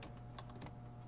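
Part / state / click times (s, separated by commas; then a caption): headlight wiring connector onto LED bulb base / seated / 0.7 s. A headlight wiring harness connector is pushed onto the plastic socket of an Auxito LED low beam bulb on a 2007-2011 Toyota Camry, lined up by its alignment tab. A few light plastic taps and rubs lead to one sharp click at 0.7 s as the top clip catches and the connector seats on the bulb. A steady low hum runs underneath throughout.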